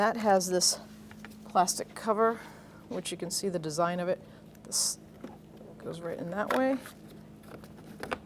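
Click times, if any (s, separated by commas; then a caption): 8.0 s, 8.1 s. Someone talks while a small plastic trim cover is pressed over the Phillips screw in the switch area of a 2011-2021 Jeep Grand Cherokee door trim panel, during a power window motor and regulator replacement. Two sharp clicks at 8.0 s and 8.1 s mark the cover seating in place.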